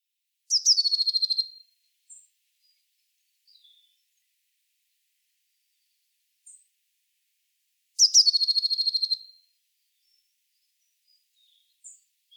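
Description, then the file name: Eurasian blue tit repeating a high, rapid buzzy trill twice, about seven seconds apart, with a few faint ticks in the quiet gaps. "Cyanistes caeruleus"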